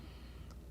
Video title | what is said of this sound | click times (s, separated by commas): Streamlight TLR-7A Flex Review!!! Best on the Market?!!! | push the c clip in and you hear it snap and then it should be in place | 0.5 s